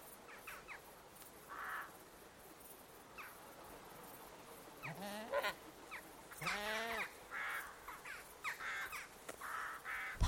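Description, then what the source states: Ibis calls: loud, harsh honking notes with a low rising start, given twice, over a busy chorus of smaller birds chirping and buzzing in the background. Evening in a swamp in the Pantanal, busy birdsong with ibis prominent.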